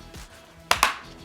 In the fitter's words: see if everything clicks back in